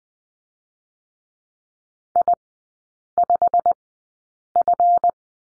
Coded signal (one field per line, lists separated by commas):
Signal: Morse code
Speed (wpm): 20 wpm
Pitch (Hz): 700 Hz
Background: none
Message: I5F